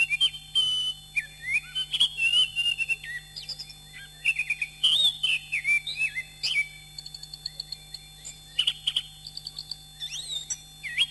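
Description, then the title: Oriental magpie-robin singing a rich, varied string of clear whistles, slurred rising and falling notes and quick chattery phrases, with brief pauses between bursts. "Kicau Kacer"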